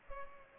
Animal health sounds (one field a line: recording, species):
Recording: mosquito wingbeat signal from an infrared sensor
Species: Culex pipiens